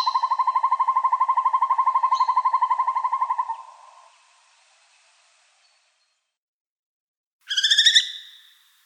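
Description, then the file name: Northern hawk-owl trilling fast and evenly for over three seconds, fading out, then after a silence a short harsh chattering burst. "Sova yastrebinaya Surnia ulula"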